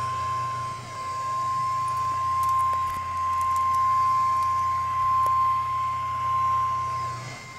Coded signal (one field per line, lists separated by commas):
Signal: Emergency Alert System (SAME) tones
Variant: 1050 Hz attention tone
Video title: Severe Thunderstorm Warning (EAS #255)